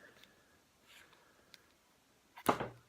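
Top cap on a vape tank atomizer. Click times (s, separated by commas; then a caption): 2.5 s. The top cap on an Ijoy Tornado RTA rebuildable vape tank atomizer is popped off to reach the side fill port. After a few faint ticks around 0.2 s and 1.5 s, a sharp, loud pop sounds at 2.5 s, followed by a brief rattle. The top cap comes free.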